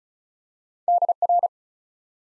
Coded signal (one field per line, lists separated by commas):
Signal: Morse code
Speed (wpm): 36 wpm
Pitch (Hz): 700 Hz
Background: none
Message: DR